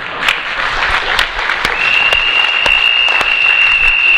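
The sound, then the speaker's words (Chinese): An audience claps steadily for about four seconds, a dense, even patter of hands with a few sharper claps, while a thin, high whistling tone holds beneath it through the second half. “这个掌声很勉强啊”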